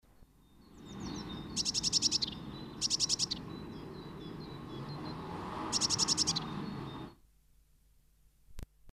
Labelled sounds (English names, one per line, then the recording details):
Eurasian Blue Tit call
Great Tit
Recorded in the wild
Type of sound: call
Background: Parus major
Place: Kaiserslautern, Rheinland-Pfalz, DE
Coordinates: 49.4247, 7.77889
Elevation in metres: 279
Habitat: garden
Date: 1982-04-02
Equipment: Nagra IV
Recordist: Tretzel, Erwin
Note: Garten, Kaiserslautern: Rufe